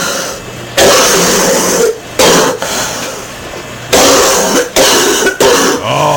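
An adult imitating a cough like a horrible smoker: repeated harsh, raspy coughing bursts in a comedic impression of a smoker's cough.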